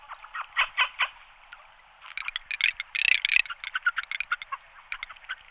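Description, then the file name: Garganey calls, a few separate dry rattles followed by a long burst of rapid crackling clicks, repeated in uneven runs to the end. "Cirka modra Anas querquedula"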